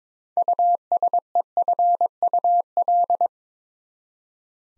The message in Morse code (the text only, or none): USEFUL